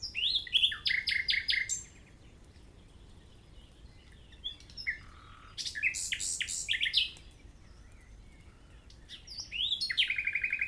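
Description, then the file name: Common nightingale song: three loud bursts of varied phrases, each with rapid repeated clicking notes and brief rising whistles, separated by short pauses. "Usignolo"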